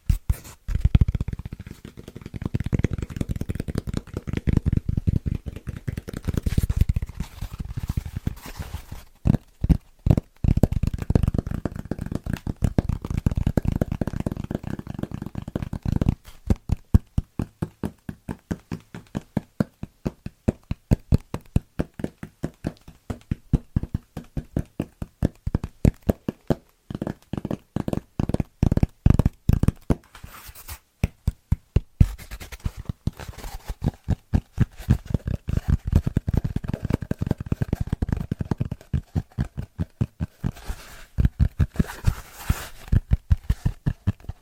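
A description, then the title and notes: Quick, rhythmic tapping on fitness foam, soft, with dull low thuds. The first sixteen seconds blur into a near-continuous patter with a brief pause around nine seconds, then the taps separate into distinct, evenly spaced hits with short gaps, speeding and slowing slightly. ASMR Super Tingly Fast & Rhythmic Tapping On Fitness Foams (No Talking).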